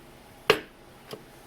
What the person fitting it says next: That click you heard means it's fully attached.